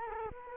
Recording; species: mosquito wingbeat signal from an infrared sensor; Culex quinquefasciatus